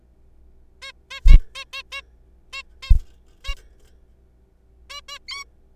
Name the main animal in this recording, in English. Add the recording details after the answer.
Zebra Finch. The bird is a juvenile. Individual R3428